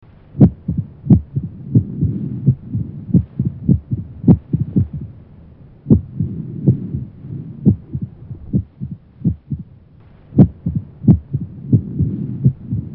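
Adult heart sounds heard through a stethoscope in atrial fibrillation, with beats falling at irregular intervals.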